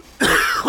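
A single short, rough burst from the throat of an adult man, closer to a harsh throat-clearing cough than a full chesty cough, lasting under a second. It is a dry cough from an irritated, rough throat, with a blocked nose, headache and a fever of 102 degrees earlier in the week, in a man bronchial since childhood, with suspected latent bronchitis or lingering walking pneumonia.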